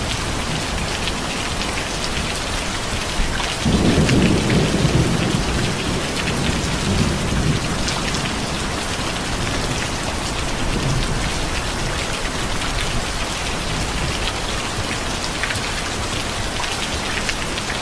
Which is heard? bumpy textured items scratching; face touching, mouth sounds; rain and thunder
rain and thunder